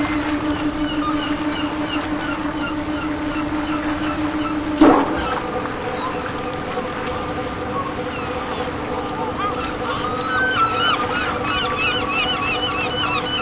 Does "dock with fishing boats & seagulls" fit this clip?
yes